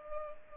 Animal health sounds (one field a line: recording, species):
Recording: mosquito wingbeat signal from an infrared sensor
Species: Culex pipiens